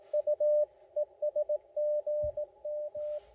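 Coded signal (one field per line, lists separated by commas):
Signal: Morse code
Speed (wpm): 21 wpm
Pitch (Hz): 590 Hz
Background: radio noise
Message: U ESGM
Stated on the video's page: QRP CW Parks On The Air activation with an ICOM IC-705 and a Gabil GRA-7350TC antenna; bad QSB (fading) and poor weather.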